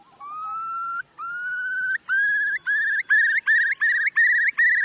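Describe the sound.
Curlew giving rising whistled notes that start slow and long, then quicken into shorter, louder repeated phrases, building into a bubbling sequence.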